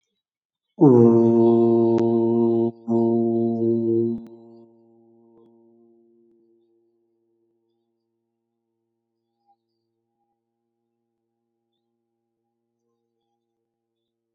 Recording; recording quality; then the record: sustained vowel as in boot; excellent, no background noise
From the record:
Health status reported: exposed to COVID-19, no respiratory illness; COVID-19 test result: negative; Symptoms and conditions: cough, sore throat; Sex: male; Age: 40 years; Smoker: not ticked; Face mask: not worn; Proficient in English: yes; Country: India